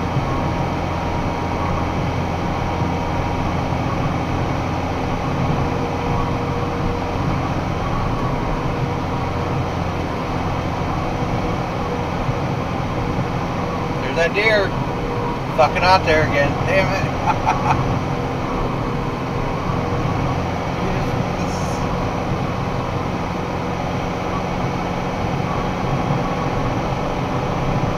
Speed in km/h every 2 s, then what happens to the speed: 97, 98, 99, 99, 99, 100, 99, 99, 99, 99, 100, 101, 102, 103.
0-28 steady at about 99.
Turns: none.